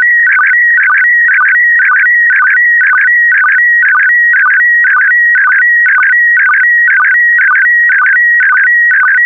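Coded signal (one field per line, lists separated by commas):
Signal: SSTV (slow-scan television)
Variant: PD120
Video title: (08 of 12) Expedition 64 - ARISS Series 17 Twenty Years December 2020 - Retransmission SSTV PD120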